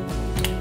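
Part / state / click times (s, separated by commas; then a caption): plastic console part into the scale model car's centre console / seated / 0.5 s. A small plastic part of the centre console of a 1/8 scale Jaguar E-Type model is positioned and pressed until it clips into place. A short, bright click is heard at 0.4 s over a steady low background. The part is seated.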